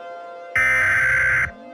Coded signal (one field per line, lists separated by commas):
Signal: Emergency Alert System (SAME) tones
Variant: header bursts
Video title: (Analog Horror) EAS Short Scenario 30 - Fungus Infection Outbreak